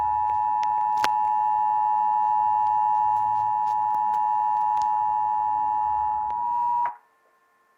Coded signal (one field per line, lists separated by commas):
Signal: Emergency Alert System (SAME) tones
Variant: 853 and 960 Hz attention tone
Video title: Southeast Michigan Required Monthly Test (EAS #936)